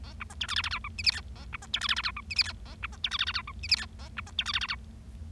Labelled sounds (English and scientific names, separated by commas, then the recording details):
Bengalese Finch (Lonchura striata domestica) song
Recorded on 25 March 2012 at 14:30
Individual gy6or6